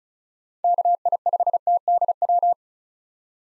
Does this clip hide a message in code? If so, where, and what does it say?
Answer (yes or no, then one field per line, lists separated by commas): yes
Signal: Morse code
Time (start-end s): 0.6-2.5 s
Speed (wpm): 34 wpm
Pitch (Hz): 700 Hz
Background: none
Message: KI5TDW